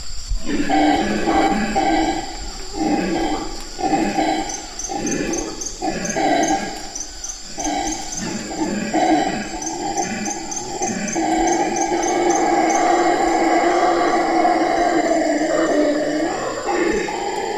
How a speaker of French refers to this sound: Je vais vous faire écouter un enregistrement de singes hurleurs. Alors, les singes hurleurs hurlent plutôt la nuit, et c'est un son qui est mémorable, évidemment, qui est très très intense.